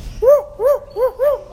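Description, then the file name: Owl calling: four short, arched hooting notes, each rising then falling, in quick succession. "bob owl call"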